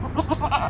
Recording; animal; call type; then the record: contact call of a hoofed animal; goat; low-frequency (closed-mouth) or high-frequency (open-mouth) call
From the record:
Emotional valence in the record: negative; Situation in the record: short social isolation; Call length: 0.70 s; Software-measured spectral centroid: 1620 Hz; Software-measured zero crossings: 1240 a second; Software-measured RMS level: -24 dBFS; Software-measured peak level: -8 dBFS